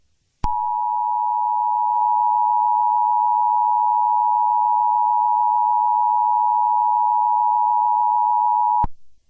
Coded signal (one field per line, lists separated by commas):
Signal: Emergency Alert System (SAME) tones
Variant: 853 and 960 Hz attention tone